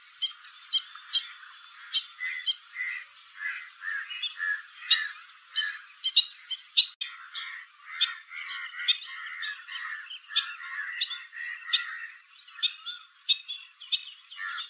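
Stilts keeping up a noisy chorus of piercing yaps and deeper hoarse calls, overlapping in an uneven rhythm.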